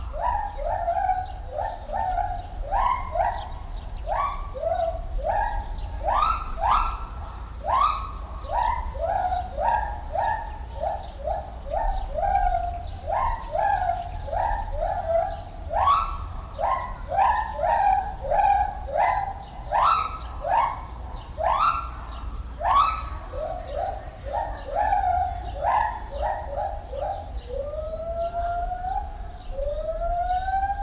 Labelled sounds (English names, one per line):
Lar Gibbon